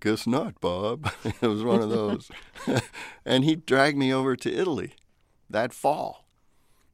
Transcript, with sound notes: I guess not, Bob. It was one of those.
(LAUGHTER)
And he dragged me over to Italy that fall,